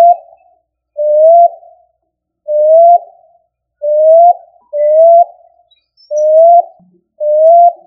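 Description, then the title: Pigeon giving a series of several upward-sliding coos at uneven intervals, with no other clear sounds. "Columbidae Pomba"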